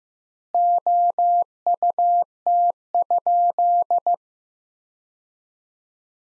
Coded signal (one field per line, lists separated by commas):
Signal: Morse code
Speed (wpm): 16 wpm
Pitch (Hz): 700 Hz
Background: none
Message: OUT?